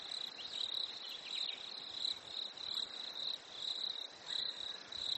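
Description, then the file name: Crickets give rapid high chirps in swelling bursts. Nature ambience at a lake in winter, with crickets. "smartsound ATMO NATURE Fresh Winter Lake Crickets Birds"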